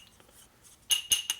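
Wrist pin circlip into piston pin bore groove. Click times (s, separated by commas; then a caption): 1.1 s, 1.3 s. A steel circlip (snap ring) is tapped into its groove in the piston's wrist pin bore to retain the wrist pin, on a 1978 Harley 93ci stroker shovelhead big bore motor. Sharp metallic taps with a bright ring are heard, and the firm, solid hits at 1.1 s and 1.3 s show the circlip is fully seated. It would not make that solid noise if it weren't seated all the way.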